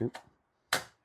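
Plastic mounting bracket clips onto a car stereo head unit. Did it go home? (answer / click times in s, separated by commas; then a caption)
yes / 0.7 s. Someone talks briefly as an Orranje plastic double-DIN surround bracket for a 2001–2006 MINI R53 (R50/R52) is slid over the side of a double-DIN CarPlay car stereo head unit and pushed until its small clips lock. A sharp, loud snap comes at 0.7 s as the bracket clips seat, locking the head unit in place.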